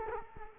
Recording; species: mosquito wingbeat signal from an infrared sensor; Culex quinquefasciatus